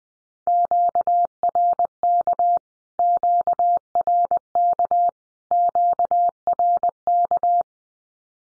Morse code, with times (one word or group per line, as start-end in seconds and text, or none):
0.5-2.6 QRK
3.0-5.1 QRK
5.5-7.6 QRK